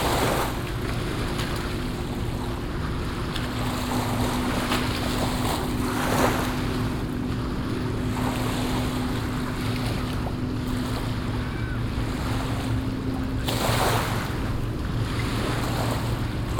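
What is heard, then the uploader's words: Boats and waves: a steady low engine hum with a held drone runs under constant rushing water. Brief brighter splashes or gusts rise around 6 and 13–15 seconds, and wind buffets the microphone throughout at an even loudness. Boats and Waves. Saint-Plantaire.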